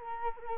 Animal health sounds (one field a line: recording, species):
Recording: mosquito wingbeat signal from an infrared sensor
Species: Culex quinquefasciatus